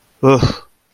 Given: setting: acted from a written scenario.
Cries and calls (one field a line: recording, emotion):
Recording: vocal sound without words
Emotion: guilt